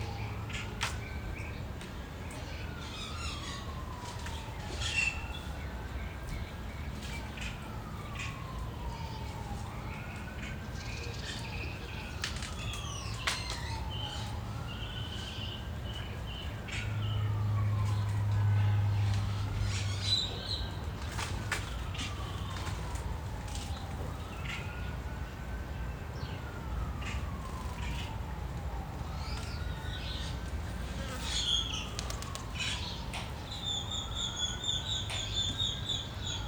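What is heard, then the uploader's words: Birds chirp and sing in a backyard over a steady low rumble, with a repeating rising-falling whistle and a louder passing drone midway. Saturday morning in the backyard with planes and birds singing in Phoenix Arizona. The sun was shining, the Fall weather of 76 degrees, the birds chirping.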